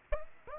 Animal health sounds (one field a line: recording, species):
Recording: mosquito wingbeat signal from an infrared sensor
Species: Aedes aegypti